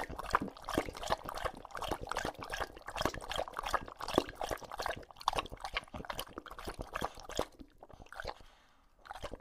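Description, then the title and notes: English Bulldog slurping water in a fast, continuous run of wet laps, with a brief quiet pause near the end. Male English Bulldog named Lucho drinking from a water bowl after a long walk; out of breath, heavy breathing in between drinks, drinks for a long time. "English Bulldog Drinks from Water Bowl - Weird Sounds. listen to Lucho the English Bulldog as he tries to drink water after a long walk. Don't let his heavy breathing fool you in between drinks, he's equally out of breath from the walk"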